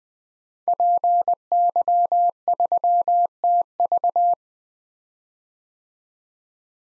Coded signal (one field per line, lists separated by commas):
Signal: Morse code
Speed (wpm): 20 wpm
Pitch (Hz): 700 Hz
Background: none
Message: PY3TV